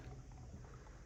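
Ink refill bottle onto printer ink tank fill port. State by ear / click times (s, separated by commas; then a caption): not seated / none. The next colour's ink refill bottle is handled and pressed onto its fill port on the ink tank of an HP Smart Tank 500 printer. A steady low rumble and broadband noise fill the clip, with only a faint, brief tick right at 1.1 s. Nothing has seated or clicked yet.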